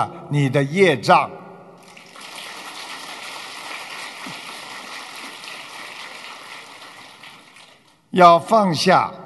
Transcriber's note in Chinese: 掌声